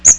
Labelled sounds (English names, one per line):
Magnolia Warbler flight call